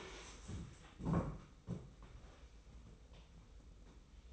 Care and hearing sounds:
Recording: daily activity, microphone in the room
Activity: stand up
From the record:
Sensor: 1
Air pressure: 990.5 hPa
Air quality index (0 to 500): 153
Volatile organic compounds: 1000 ppm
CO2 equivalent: 5560 ppm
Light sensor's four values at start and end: 30/70/30/33 and 30/70/30/33

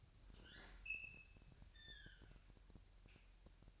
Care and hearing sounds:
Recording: daily activity, microphone in the room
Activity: open fridge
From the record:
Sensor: 2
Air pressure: 1001.8 hPa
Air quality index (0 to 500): 246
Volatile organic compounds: 35 ppm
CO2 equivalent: 3056 ppm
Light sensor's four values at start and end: 8/28/11/10 and 8/28/11/10

